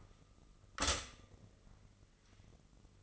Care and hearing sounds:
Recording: daily activity, microphone in the room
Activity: stop toaster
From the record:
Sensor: 4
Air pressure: 996.0 hPa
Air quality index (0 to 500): 67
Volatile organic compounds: 2 ppm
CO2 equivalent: 1208 ppm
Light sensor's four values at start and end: 15/37/15/16 and 13/32/13/14

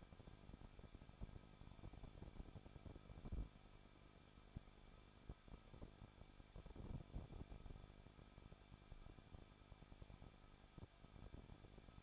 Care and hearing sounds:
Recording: daily activity, microphone in the room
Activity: no activity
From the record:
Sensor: 5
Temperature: 20.8 degrees Celsius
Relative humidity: 38.2%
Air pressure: 1006.5 hPa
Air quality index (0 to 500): 187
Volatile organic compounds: 18 ppm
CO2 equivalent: 2624 ppm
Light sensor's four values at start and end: 2/3/1/1 and 2/3/1/1

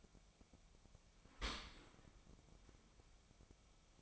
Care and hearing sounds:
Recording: daily activity, microphone in the room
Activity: open dishwasher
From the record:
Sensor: 1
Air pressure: 1003.1 hPa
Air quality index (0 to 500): 197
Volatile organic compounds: 6 ppm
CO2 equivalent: 1881 ppm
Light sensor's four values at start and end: 17/42/18/21 and 17/43/18/21

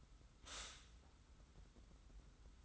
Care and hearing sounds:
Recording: daily activity, microphone in the room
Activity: stop toaster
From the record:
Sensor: 3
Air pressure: 990.6 hPa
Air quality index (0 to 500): 158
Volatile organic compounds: 725 ppm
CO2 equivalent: 5065 ppm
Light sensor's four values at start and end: 41/97/39/37 and 41/97/39/37

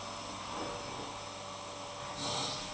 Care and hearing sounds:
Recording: daily activity, microphone in the room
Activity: vacuum cleaning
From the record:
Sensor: 1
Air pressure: 1000.2 hPa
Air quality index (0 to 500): 139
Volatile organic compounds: 2 ppm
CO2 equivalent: 1307 ppm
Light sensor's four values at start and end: 32/81/34/42 and 33/82/35/42

